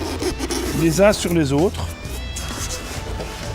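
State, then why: Not seated. An insulating, lego-style construction block is being handled as it is pressed down onto the block below it in a wall, while someone talks over low background hum and music. Nothing has seated or clicked yet; the clip ends just before the block goes home.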